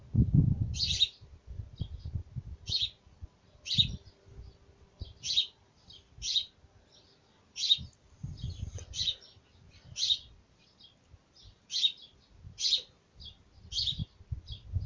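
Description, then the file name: Bird uttering harsh high chirps every second or two, with soft low rumbling between them. Birds at a nest. "Nido pajaros"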